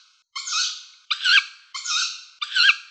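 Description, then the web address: Tawny owl calls: four harsh, nasal, screechy notes in quick succession, each wavering slightly and fading at the end. Slovenia. "Strix aluco"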